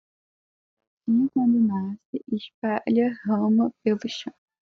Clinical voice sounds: short text; Brazilian Portuguese; female; 20 to 29 years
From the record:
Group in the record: control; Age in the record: 20 years

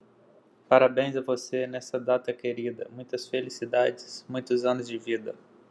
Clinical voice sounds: short text; Brazilian Portuguese; male; 30 to 39 years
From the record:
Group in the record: control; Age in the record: 38 years

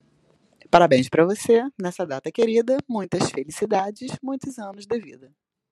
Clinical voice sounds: short text; Brazilian Portuguese; female; 40 to 49 years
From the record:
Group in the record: control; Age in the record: 45 years

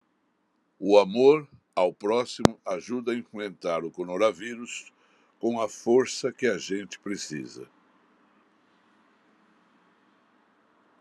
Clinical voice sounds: spoken sentence; Brazilian Portuguese; male; 60 to 69 years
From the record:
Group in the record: control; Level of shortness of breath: 0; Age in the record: 65 years

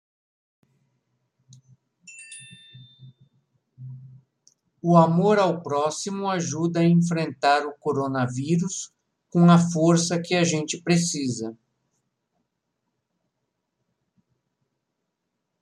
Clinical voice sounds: spoken sentence; Brazilian Portuguese; male; 50 to 59 years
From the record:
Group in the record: control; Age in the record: 59 years

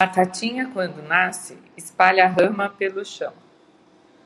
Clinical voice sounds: short text; Brazilian Portuguese; female; 60 to 69 years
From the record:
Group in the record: control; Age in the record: 60 years

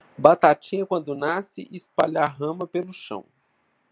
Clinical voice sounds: short text; Brazilian Portuguese; male; 20 to 29 years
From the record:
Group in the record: control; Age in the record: 29 years

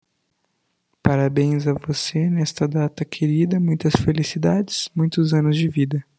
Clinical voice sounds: short text; Brazilian Portuguese; male; 18 to 19 years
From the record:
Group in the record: control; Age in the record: 19 years

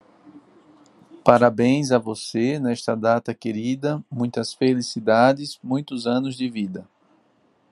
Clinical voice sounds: short text; Brazilian Portuguese; male; 30 to 39 years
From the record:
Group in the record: control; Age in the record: 33 years

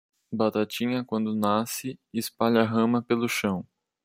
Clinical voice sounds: short text; Brazilian Portuguese; male; 20 to 29 years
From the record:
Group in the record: control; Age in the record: 21 years

